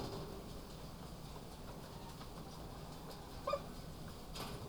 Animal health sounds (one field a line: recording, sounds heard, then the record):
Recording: poultry house recording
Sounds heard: sick chickens (respiratory disease)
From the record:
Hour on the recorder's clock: 2